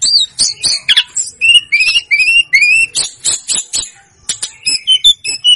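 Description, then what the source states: Snowy-browed flycatcher singing high, upslurred whistles and clipped chips in quick series, with a brief lull before the song resumes. Master recording used to train caged birds.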